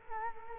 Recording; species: mosquito wingbeat signal from an infrared sensor; Culex quinquefasciatus